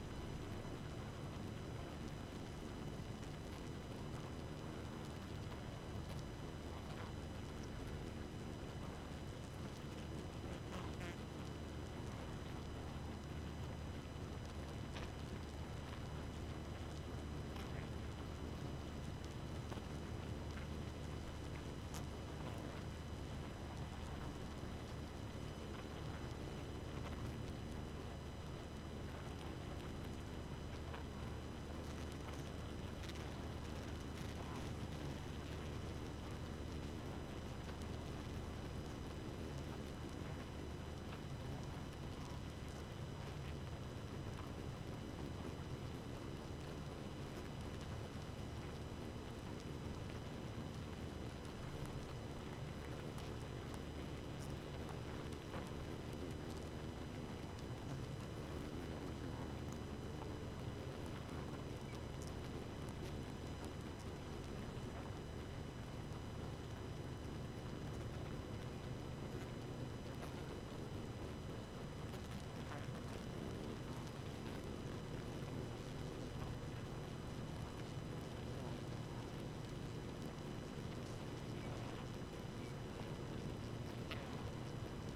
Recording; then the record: honeybee colony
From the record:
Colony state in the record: active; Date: 12 June 2018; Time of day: 2:38